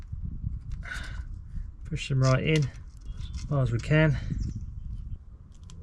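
A power cable connector is pushed as far as it will go into a diesel heater wiring plug while someone talks, with faint handling ticks underneath. A small click comes at 5.7 s, but the connection is only partly made: the connector is in but not secure and may not be fully seated.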